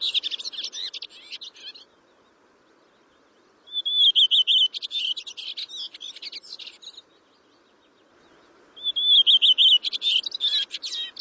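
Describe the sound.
Bird singing in three bursts of rapid, varied, high chirps and twittering notes, each phrase lasting a few seconds and separated by short silences.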